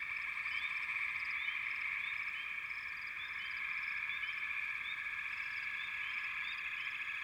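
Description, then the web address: Frog chorus with a steady drone of trills and many short rising chirps repeated rapidly but irregularly. "Natures Songs Nature Sounds Sounds of Nature Collection 28 Frog Chourus"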